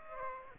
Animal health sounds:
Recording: mosquito wingbeat signal from an infrared sensor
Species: Aedes aegypti

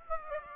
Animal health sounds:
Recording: mosquito wingbeat signal from an infrared sensor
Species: Aedes aegypti

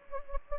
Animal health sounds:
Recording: mosquito wingbeat signal from an infrared sensor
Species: Anopheles gambiae

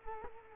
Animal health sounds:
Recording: mosquito wingbeat signal from an infrared sensor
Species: Culex quinquefasciatus

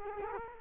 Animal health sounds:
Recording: mosquito wingbeat signal from an infrared sensor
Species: Culex quinquefasciatus

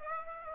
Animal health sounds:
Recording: mosquito wingbeat signal from an infrared sensor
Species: Aedes aegypti

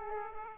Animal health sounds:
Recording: mosquito wingbeat signal from an infrared sensor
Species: Aedes aegypti

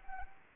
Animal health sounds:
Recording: mosquito wingbeat signal from an infrared sensor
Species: Anopheles arabiensis

